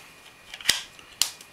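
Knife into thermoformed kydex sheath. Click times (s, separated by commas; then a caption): 1.2 s. A Mora Clipper knife blade is pushed into a freshly thermoformed kydex sheath held by clamps, with faint scraping and light ticks followed by a sharp tick at 0.7 s. At 1.2 s the knife clicks into place with a sharp snap as the retention point catches, and it is seated.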